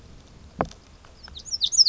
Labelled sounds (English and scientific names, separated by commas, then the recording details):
Pacific Wren (Troglodytes pacificus)
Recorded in Sonoma County, California